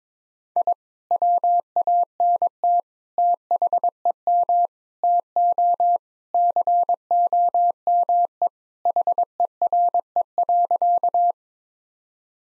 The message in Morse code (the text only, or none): I WANT THEM TO COME HERE.